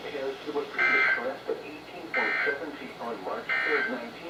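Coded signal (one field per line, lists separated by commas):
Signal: Emergency Alert System (SAME) tones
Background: speech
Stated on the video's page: NOAA Weather Radio flood warnings from the Sterling, VA office on 162.550, 162.475 and 162.450 MHz, received on RadioShack, Sangean, Midland, Maxon and Reecom weather radios.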